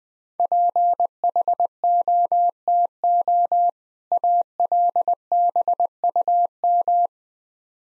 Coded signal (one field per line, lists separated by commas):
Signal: Morse code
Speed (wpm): 20 wpm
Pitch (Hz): 700 Hz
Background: none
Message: PHOTO ALBUM